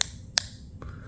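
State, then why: Seated. A plastic Cardo Freecom 2x motorcycle intercom unit is slid back into its mounting cradle on the helmet, with two sharp, bright clicks at 0.0 and 0.4 seconds, then a couple of much fainter taps near 0.8 and 0.9 seconds over a low background hum. The unit clicks home and is seated in the helmet mount.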